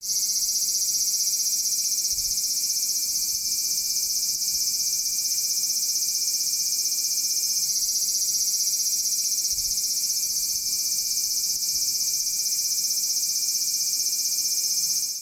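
Cicada call: a loud, continuous high-pitched electric buzz held steady without pause throughout, with a faint thin tone beneath it.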